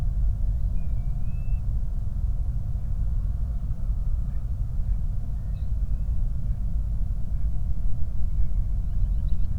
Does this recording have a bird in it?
yes